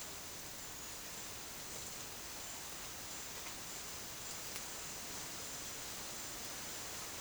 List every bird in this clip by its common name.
none